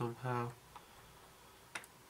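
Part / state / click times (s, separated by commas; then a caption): plastic kit part into a scale model aircraft fuselage / seated / 1.8 s. A plastic part is pressed onto the back section of a Revell 1/48 scale Junkers Ju52/3m aircraft model kit fuselage. Someone talks at the start, then a sharp tick at 1.8 s marks the part locking into place. The part is seated.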